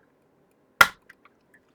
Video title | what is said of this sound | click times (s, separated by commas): Upgrading My Gear: Building a High-Performance NAS Setup | put on till it clicks | 0.8 s